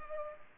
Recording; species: mosquito wingbeat signal from an infrared sensor; Culex pipiens